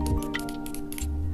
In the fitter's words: lalu kita tekan pistonnya sampai terdengar bunyi seperti itu